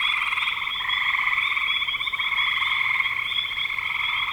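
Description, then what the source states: Frogs calling, fast pulsed trills merging into a steady, unbroken rattle. Spring 2025.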